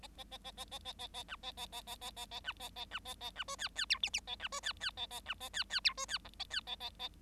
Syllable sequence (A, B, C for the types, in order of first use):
A A A A A A A A A B A A A A A A A B A A B A A B C D D E F F A B C D D A A B A D D E C D G A D A A A